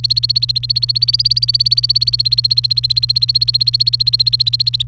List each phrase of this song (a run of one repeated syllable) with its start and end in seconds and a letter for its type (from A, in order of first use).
0.00-4.83 A